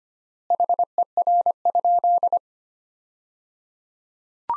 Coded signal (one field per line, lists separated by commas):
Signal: Morse code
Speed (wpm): 25 wpm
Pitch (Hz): 700 Hz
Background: none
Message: HER?